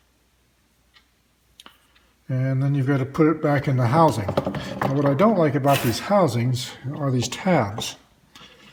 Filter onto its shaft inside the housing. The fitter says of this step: just pops into place and then